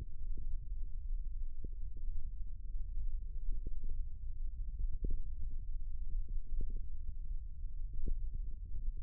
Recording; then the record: forearm muscle sounds (acoustic myography)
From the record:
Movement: index flexion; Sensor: system 1, eight BSWA MPA416 microphones around the upper forearm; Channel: 6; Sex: male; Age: 54 years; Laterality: right